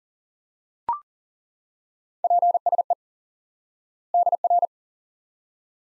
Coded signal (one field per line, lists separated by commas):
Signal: Morse code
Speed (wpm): 40 wpm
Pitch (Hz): 700 Hz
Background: none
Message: PSE DR